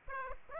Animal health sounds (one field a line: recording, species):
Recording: mosquito wingbeat signal from an infrared sensor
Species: Aedes aegypti